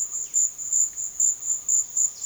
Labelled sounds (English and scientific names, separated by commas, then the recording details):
none
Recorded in pastures near Puerto Asís, Putumayo, Colombia, on 22 June 2025 at 13:00
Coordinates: 0.502, -76.324
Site G010